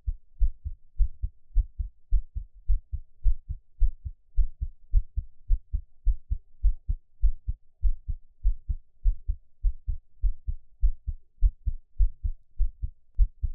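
Normal heart sounds of an adult, a steady heartbeat heard up close.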